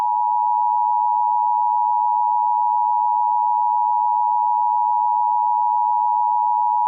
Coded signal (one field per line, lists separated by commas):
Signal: Emergency Alert System (SAME) tones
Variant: 853 and 960 Hz attention tone